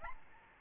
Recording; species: mosquito wingbeat signal from an infrared sensor; Aedes albopictus